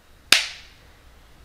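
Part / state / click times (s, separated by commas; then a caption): power adapter plug into scanner charging cradle / seated / 0.3 s. A power cord's adapter plug is pushed into the charging cradle of a Carestream Dental CS3800 wireless intraoral scanner. After a quiet start, a single loud, sharp snap at 0.3 s rings out bright and fades over about half a second. The plug is seated in the cradle.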